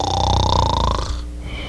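A snore from an adult.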